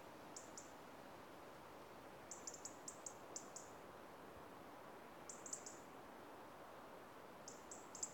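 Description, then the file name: European robin giving brief high-pitched ticking notes, grouped in short bursts spaced a few seconds apart, against a quiet hissy background. "Erithacus rubecula - European Robin"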